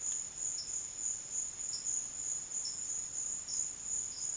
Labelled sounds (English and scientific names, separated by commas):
none